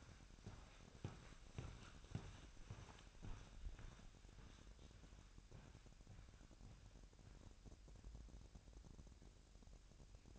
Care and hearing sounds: daily activity, microphone in the room; walk to room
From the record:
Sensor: 2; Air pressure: 1012.1 hPa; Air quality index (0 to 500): 150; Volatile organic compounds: 2 ppm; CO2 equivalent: 1091 ppm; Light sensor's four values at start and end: 81/195/80/79 and 85/202/83/81

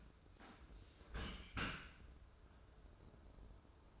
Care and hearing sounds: daily activity, microphone in the room; close dishwasher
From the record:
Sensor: 2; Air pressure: 995.7 hPa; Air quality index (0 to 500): 97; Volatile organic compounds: 5 ppm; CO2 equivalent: 1786 ppm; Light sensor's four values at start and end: 25/81/32/31 and 25/81/32/31

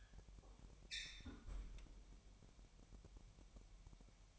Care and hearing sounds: daily activity, microphone in the room; close fridge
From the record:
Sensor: 1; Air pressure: 1002.0 hPa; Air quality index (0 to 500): 238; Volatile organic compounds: 43 ppm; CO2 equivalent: 3202 ppm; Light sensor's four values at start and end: 8/28/10/11 and 8/28/10/11

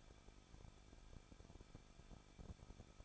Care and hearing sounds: daily activity, microphone in the room; no activity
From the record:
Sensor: 5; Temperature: 20.9 degrees Celsius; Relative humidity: 38.3%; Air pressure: 1006.4 hPa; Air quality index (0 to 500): 190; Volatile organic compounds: 20 ppm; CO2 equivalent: 2675 ppm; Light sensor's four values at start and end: 2/3/1/1 and 2/3/1/1

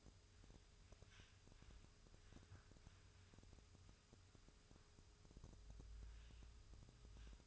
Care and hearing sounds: daily activity, microphone in the room; wipe stove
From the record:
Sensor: 2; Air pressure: 1004.7 hPa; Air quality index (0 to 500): 73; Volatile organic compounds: 1 ppm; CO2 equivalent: 860 ppm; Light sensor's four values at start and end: 7/16/7/7 and 7/16/7/7

